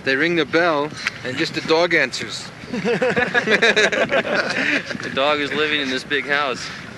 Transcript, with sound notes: They ring the bell, and just the dog answers. [laughter]
The dog is living in this big house.